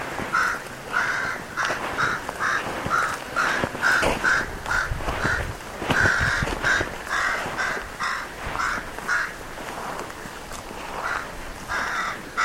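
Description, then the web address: Bird giving harsh, cawing calls, repeated about twice a second in uneven runs. "Deverinetal 2025. Bird Only"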